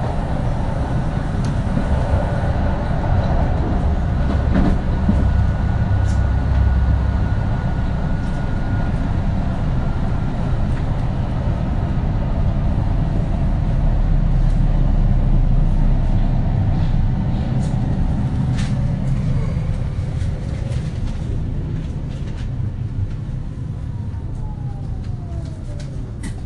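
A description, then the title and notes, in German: A ride by bus and train, carried by a steady, dense low rumble of the vehicle in motion. Faint whining tones slide through around the start and again near twenty seconds, with scattered light clicks and rattles on top throughout. Akustischer Ritt mit Bus & Bahn.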